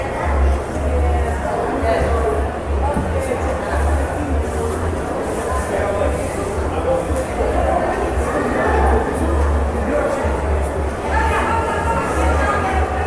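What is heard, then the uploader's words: Shopping mall ambience: a dense, steady wash of overlapping voices and chatter with no single speaker standing out. A constant low hum runs underneath throughout, and a few brighter clinks and tones surface now and then, including one near the eleven-second mark. SHOPPING MALL ASMR AMBIENT SOUND.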